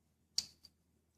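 The saw blade of a Schrade Tough multi-tool is opened and locks into place in the handle with a sharp, bright click at 0.4 s, followed by a fainter tick at 0.7 s. The blade is locked open.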